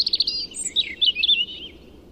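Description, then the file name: European robin delivering one quick phrase: a run of rapid high chirps sliding into a wavering, tumbling warble that fades out. "Erithacus rubecula"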